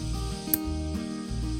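A metal hinge-stay fitting for a lid or panel on the air-conditioner installation of a Nuts RV Astro Tiger camper van is opened until it locks, so the panel stays open. Over steady background music, a single short, sharp metallic click sounds at 0.5 s. The fitting seats and locks in place.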